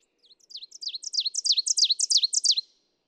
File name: Ovenbird